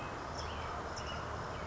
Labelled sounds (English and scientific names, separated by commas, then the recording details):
Western Tanager (Piranga ludoviciana)
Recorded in Sonoma County, California